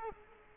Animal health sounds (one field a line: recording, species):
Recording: mosquito wingbeat signal from an infrared sensor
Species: Culex quinquefasciatus